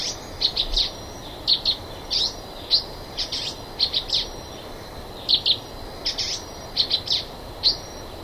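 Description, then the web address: Silver-beaked tanager song: clusters of short, bright chirped notes in quick pairs and triplets, repeated irregularly over a steady high hum. Recorded in the eastern lowlands of South America. "Natures Songs S America Eastern Lowlands Silver-beaked Tanager"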